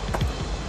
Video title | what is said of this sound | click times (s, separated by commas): Installation: ZM 1086 / DOS 1015 Digital Speedometer for 5th Gen Camaro | you should hear it click | 0.2 s